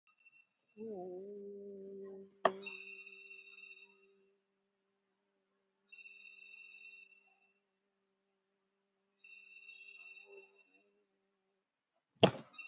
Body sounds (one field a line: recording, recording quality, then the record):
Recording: sustained vowel as in boot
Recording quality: poor, much background noise or distortion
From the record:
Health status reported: exposed to COVID-19, no respiratory illness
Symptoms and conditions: muscle pain, hypertension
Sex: female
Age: 61 years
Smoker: no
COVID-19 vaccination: one dose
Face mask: worn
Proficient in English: no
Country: India